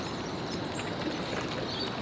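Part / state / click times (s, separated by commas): snorkel tube into full face snorkel mask / not seated / none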